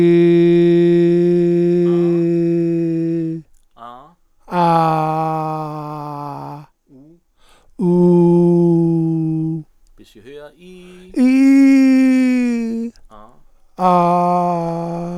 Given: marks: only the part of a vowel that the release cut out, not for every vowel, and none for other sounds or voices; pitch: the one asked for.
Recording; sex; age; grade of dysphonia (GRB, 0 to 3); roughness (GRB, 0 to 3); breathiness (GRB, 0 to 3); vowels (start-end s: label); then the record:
sustained vowels; male; 40 to 49 years; 0; 0; 0
0.00-1.96 s: vowel /i/, normal pitch
4.81-5.63 s: vowel /a/, normal pitch
7.99-9.39 s: vowel /u/, normal pitch
11.28-12.58 s: vowel /i/, high pitch
13.87-14.98 s: vowel /a/, high pitch
From the record:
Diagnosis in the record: Down syndrome, dysphonia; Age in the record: 47 years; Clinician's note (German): Morbus Down + Dysphonie